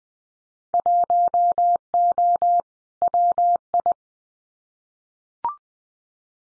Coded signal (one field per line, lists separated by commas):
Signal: Morse code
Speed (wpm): 20 wpm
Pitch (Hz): 700 Hz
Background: none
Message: 1O WI